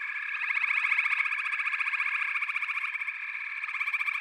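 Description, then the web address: Frog: dense chorus of trilling frogs, fast regular pulses merging into a bright, steady hum throughout. A chorus of frogs calling together. "Echoes of Nature - Frog Chorus"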